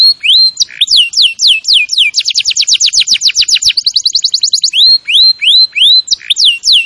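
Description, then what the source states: Canary song: looping downslurred whistles, a rapid run of bright notes, a thin fast trill, then more sweeping whistles. Singing in the lively 'gacor' style.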